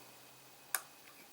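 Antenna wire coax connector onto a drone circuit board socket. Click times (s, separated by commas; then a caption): 0.8 s. A small antenna wire coax connector is lined up and pushed onto a drone circuit board socket, giving a single sharp, bright click at 0.8 s over a faint steady low hum. The connector seats on the socket, and a couple of much fainter ticks follow.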